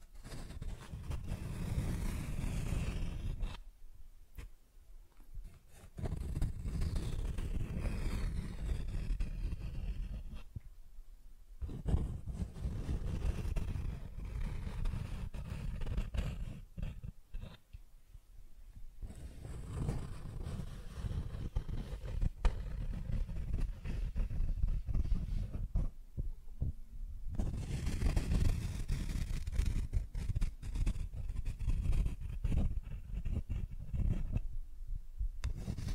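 Cardboard being scratched and rubbed in long rough strokes, a dense low scraping broken by brief silent pauses around 4, 11, 18 and 27 seconds.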